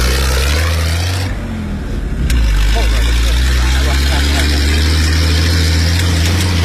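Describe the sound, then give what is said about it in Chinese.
The rear-mounted engine of a dune buggy used for desert surfing rumbles low and steady, with a brief dip before it surges back louder and holds a dense, roaring drone amid rushing noise as the buggy sets off across the desert. “我刚才真的是，我拿着手机在录音，然后他开始冲的时候就说等一下等一下，然后就开始冲了，我的手机一直没放到包里。”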